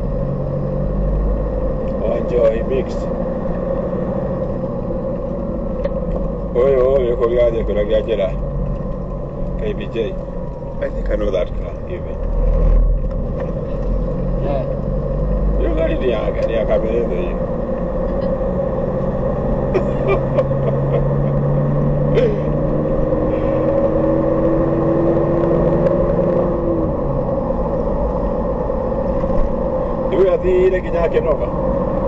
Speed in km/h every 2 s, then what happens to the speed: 33, 39, 40, 37, 29, 26, 25, 31, 34, 42, 47, 51, 56, 57, 59, 63.
0-4 speeds up to 40. 4-9 slows to 26. 12-32 speeds up to 63.